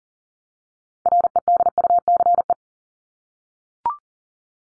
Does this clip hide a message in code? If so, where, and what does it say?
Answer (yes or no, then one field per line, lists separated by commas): yes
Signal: Morse code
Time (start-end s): 1.1-2.5 s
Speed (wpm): 40 wpm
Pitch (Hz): 700 Hz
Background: none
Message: REDUCE